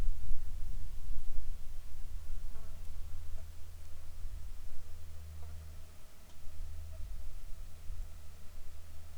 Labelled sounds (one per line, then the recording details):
wind
aircraft
insects
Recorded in the Arctic National Wildlife Refuge, Alaska, on 7 July 2019 at 19:24
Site 41